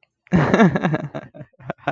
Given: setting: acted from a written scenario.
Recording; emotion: vocal sound without words; amusement